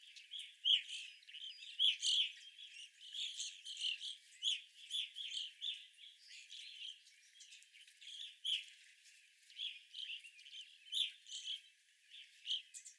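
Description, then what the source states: Evening grosbeaks chattering, dense overlapping chirps throughout, loudest near the start. Several evening grosbeaks, recorded 25 April 2021.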